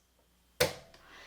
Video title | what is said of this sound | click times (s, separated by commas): How to use the Cricut card mat add multiple project to one Canvas | You'll hear that audible click. | 0.6 s